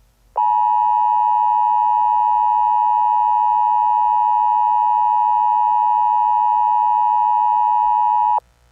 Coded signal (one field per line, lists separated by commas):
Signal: Emergency Alert System (SAME) tones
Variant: 853 and 960 Hz attention tone